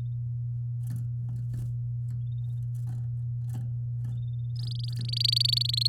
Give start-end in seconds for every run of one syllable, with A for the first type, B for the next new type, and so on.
4.56-5.87 A